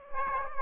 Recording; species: mosquito wingbeat signal from an infrared sensor; Aedes aegypti